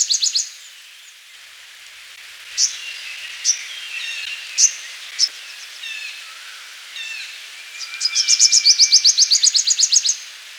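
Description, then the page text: Purple sunbird song: sharp high chips spaced about a second apart, a few thin slurred notes, then a fast, loud, rattling trill near the end. "Purple Sunbird Song. Quick Sounds library"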